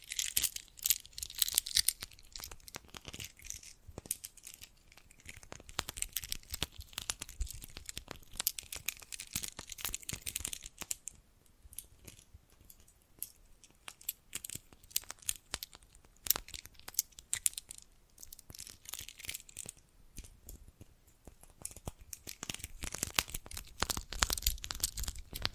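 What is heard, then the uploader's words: Bracelets and jewelry boxes are handled, with a dense stream of bright clicks, rustles and crinkling, like packaging being worked. The activity is busiest in the first ten seconds and the last few, easing into sparser, quieter handling in between. ASMR Sensitive & Sleepy Triggers Bracelets and Jewelry Boxes (No Talking).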